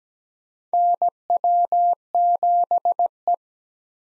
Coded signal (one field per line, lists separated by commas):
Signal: Morse code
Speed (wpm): 17 wpm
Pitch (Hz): 700 Hz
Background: none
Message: NW7E